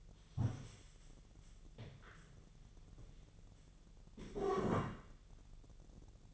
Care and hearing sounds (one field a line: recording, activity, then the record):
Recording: daily activity, microphone in the room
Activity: stand up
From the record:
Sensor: 4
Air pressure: 1001.2 hPa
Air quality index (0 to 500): 182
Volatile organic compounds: 2 ppm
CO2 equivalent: 1302 ppm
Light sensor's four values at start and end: 14/33/13/14 and 14/33/13/13